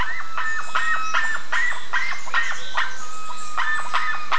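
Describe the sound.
Birds calling in quick overlapping bursts of short, raspy chirps, roughly two or three each second.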